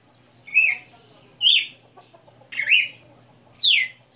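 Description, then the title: Red-cowled cardinal giving four rich, slurred whistled phrases with short pauses between them. Female bird singing a 60-note song, recorded live. "Canto Galo Campina Fêmea 02. Galo de Campina 60 NOTAS Cantando Ao vivo"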